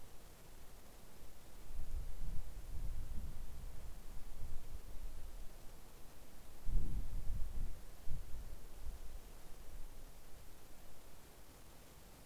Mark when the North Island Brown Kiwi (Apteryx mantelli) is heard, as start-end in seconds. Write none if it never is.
none